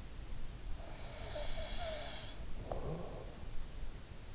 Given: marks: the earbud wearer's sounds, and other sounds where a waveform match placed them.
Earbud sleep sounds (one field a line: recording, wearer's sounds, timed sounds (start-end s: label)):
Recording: sounds in sleep by an in-ear microphone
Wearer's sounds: breath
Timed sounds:
0.97-3.66 s: breath